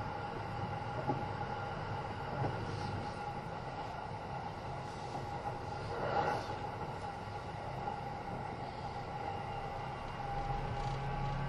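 Steady running noise from inside a Kintetsu 80000 series Hinotori limited express train, a constant low rumble with a persistent mid-pitched whine riding over it. Brief soft thumps and rattles rise around two, six and ten seconds, but the sound stays even throughout.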